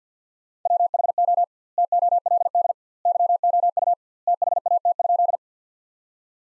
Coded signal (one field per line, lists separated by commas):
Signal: Morse code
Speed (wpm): 50 wpm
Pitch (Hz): 700 Hz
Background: none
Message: WHO TOLD YOU THAT?